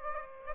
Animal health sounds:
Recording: mosquito wingbeat signal from an infrared sensor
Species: Aedes aegypti

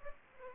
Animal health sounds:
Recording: mosquito wingbeat signal from an infrared sensor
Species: Aedes aegypti

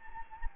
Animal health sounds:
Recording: mosquito wingbeat signal from an infrared sensor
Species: Anopheles gambiae

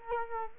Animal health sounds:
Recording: mosquito wingbeat signal from an infrared sensor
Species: Culex quinquefasciatus

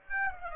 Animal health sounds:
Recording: mosquito wingbeat signal from an infrared sensor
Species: Aedes aegypti

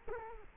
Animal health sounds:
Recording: mosquito wingbeat signal from an infrared sensor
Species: Culex quinquefasciatus

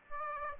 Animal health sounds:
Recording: mosquito wingbeat signal from an infrared sensor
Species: Aedes aegypti

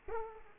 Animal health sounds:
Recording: mosquito wingbeat signal from an infrared sensor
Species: Culex quinquefasciatus

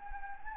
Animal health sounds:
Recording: mosquito wingbeat signal from an infrared sensor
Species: Anopheles gambiae

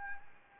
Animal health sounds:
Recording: mosquito wingbeat signal from an infrared sensor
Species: Anopheles gambiae

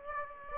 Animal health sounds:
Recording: mosquito wingbeat signal from an infrared sensor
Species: Aedes aegypti

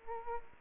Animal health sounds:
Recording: mosquito wingbeat signal from an infrared sensor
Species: Aedes aegypti

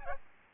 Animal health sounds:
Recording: mosquito wingbeat signal from an infrared sensor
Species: Aedes albopictus

